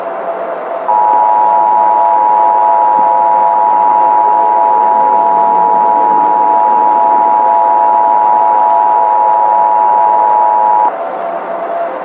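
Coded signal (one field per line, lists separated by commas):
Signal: Emergency Alert System (SAME) tones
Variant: 853 and 960 Hz attention tone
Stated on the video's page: Fictional EAS scenario of a Galactic Empire invasion, with tones made with EAS encoder software.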